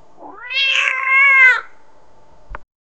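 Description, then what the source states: Cat giving one drawn-out yowl that rises and holds steady for about a second, then stops, followed by a faint steady hum and a short click. Domestic cat's roar-like call, said to sound like a lion.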